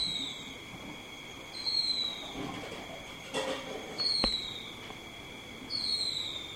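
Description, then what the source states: Silvereye uttering high, down-slurred whistled calls at irregular intervals, with some rustling noise and a sharp knock between calls, plus a steady high-pitched whine. Subspecies vegetus.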